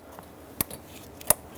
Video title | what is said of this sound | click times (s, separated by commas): How to Replace Fuel Injectors 2003-2009 Dodge Ram 2500 5.7L V8 | I heard that click and then lock the connector down just | 0.6 s, 1.3 s